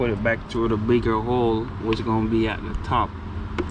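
Someone talks while handling a Chevy Malibu glove box damper arm, putting it back through the bigger hole at the top of its mount. A low steady hum runs underneath, with a brief sharp sound near 3.6 s. Nothing has seated or clicked yet; the arm is still to be pushed down to lock into place.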